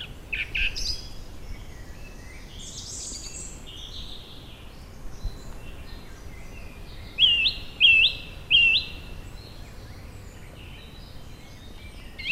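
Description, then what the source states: Song Thrush singing varied high phrases, then one sharp whistled figure repeated three times, then a pause and further notes, all against a steady low hiss. Called the nightingale of the north and often confused with the thrush nightingale; both loud-voiced and singing in summer-night darkness.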